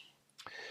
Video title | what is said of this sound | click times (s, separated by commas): Build the TOS Enterprise 1/350 from Polar Lights pt. 3 | So you hear that click, and then I've | 0.5 s